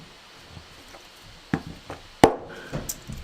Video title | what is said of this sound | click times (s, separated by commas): Victorinox Swiss Tool X w/ Ratchet Kit | Yeah, it just doesn't, it clicks in there, so it's not going to fall out, | 2.2 s